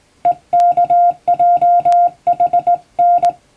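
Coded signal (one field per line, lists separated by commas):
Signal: Morse code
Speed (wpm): 19 wpm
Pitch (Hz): 700 Hz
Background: music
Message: EKJHN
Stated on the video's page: Morse practice for the Japanese radiotelegraph operator exam, recorded on the air on amateur radio; references Japanese Morse at 17 wpm and English at 25 wpm.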